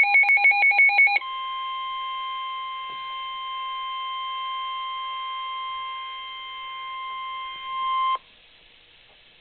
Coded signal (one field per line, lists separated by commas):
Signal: Emergency Alert System (SAME) tones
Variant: 1050 Hz attention tone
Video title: Tornado Warning- EAS Alert #13